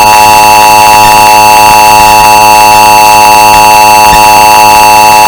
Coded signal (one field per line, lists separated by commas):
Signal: Emergency Alert System (SAME) tones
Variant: 853 and 960 Hz attention tone